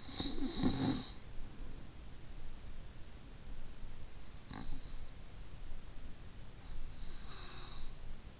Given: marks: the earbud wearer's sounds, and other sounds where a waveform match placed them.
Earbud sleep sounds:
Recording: sounds in sleep by an in-ear microphone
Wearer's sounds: snoring breath, breath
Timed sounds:
0.00-1.74 s: snoring breath
4.17-5.10 s: snoring breath
6.96-8.06 s: breath

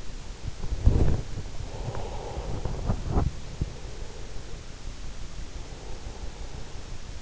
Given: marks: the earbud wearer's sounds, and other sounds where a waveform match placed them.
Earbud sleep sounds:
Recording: sounds in sleep by an in-ear microphone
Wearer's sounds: breath, body movement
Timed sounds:
0.00-2.96 s: breath
1.30-5.19 s: body movement
3.30-6.96 s: breath

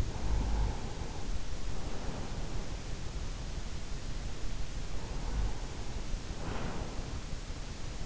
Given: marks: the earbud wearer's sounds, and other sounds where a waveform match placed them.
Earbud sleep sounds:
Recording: sounds in sleep by an in-ear microphone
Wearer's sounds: breath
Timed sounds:
0.00-2.76 s: breath
5.02-7.33 s: breath

